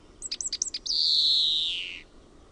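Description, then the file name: European greenfinch song: a quick run of bright chirps, then one long buzzy wheeze that slowly falls in pitch and fades. "VIHERPEIPPO"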